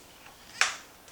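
A plastic front piece on a Traxxas Maxx RC truck's front bulkhead assembly, with a small tab, is bowed slightly and pushed until the tab latches inside a hole. A single sharp, bright snap is heard at 0.6 s against a quiet background, then a short decay. The tab is seated in the hole.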